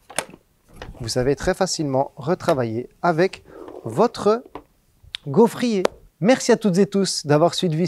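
A removable metal cooking plate is fitted into a Frifri or Nova waffle iron: with its two teeth already seated, it is pressed at the centre so it is attached, and a sharp click sounds at 0.2 s. Someone talks throughout, and the plate is seated.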